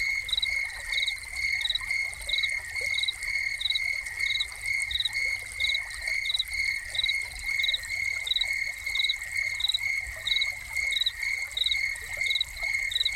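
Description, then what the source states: Steady shrill cricket trilling joined by quick repeated chirps at regular intervals, accompanied by a continuous splash and trickle of water. Soundscape of crickets with a fountain.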